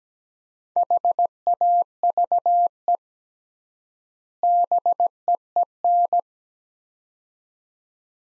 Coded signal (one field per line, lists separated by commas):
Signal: Morse code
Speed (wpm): 17 wpm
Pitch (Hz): 700 Hz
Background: none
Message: HAVE BEEN